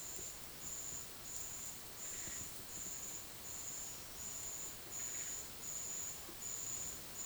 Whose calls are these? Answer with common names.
none